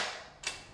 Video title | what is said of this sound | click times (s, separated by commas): e-Ranger Electric Bike Set-up | and it'll just release itself. | 0.5 s